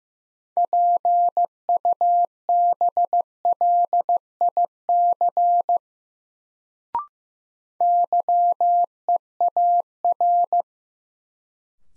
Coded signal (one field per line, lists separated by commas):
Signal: Morse code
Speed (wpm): 15 wpm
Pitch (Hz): 700 Hz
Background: none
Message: PUBLIC YEAR